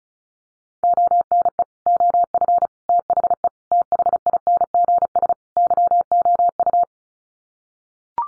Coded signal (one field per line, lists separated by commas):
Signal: Morse code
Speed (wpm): 34 wpm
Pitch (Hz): 700 Hz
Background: none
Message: ONE OF THE THINGS YOU